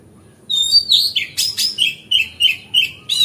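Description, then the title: Oriental magpie-robin song, a fast run of varied whistled phrases mixed with scratchy notes, steady and loud once it begins after a short silence. Song tutoring (masteran), recorded on a terrace. "Kacer Masteran Teras"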